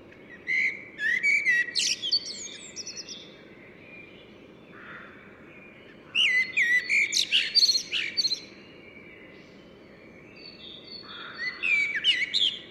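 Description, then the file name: Common blackbird song: three phrases several seconds apart, each a mellow low warble that turns into high, squeaky twittering, over steady low background noise. "Turdus merula"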